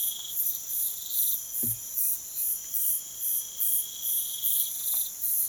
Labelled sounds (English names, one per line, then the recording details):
none
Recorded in pastures near Puerto Asís, Putumayo, Colombia, on 19 June 2025 at 05:00
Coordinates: 0.487, -76.322
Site H26